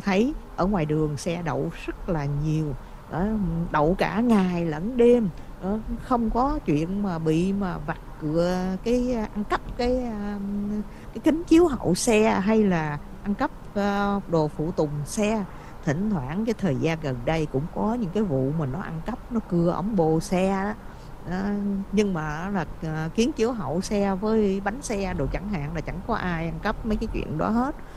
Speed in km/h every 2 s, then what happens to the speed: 31, 35, 42, 47, 48, 47, 50, 53, 55, 55, 55, 55, 55, 53.
0-16 speeds up to 55. 16-28 steady at about 55.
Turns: none.